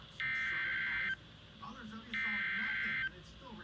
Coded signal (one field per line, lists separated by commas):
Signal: Emergency Alert System (SAME) tones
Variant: header bursts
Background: speech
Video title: Severe Thunderstorm Warning-(EAS #160)